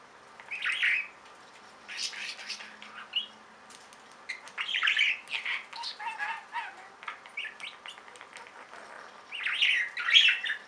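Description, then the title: Budgerigar chatter, scattered squawky warbles and chirps separated by quiet gaps. "Budgie Sounds"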